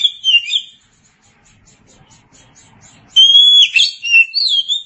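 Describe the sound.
Oriental magpie-robin song: twittered notes, a long quiet pause, then sweet sliding whistles and chirps that rise and fall.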